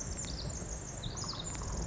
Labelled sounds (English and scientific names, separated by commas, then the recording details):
Pacific Wren (Troglodytes pacificus)
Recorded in Sonoma County, California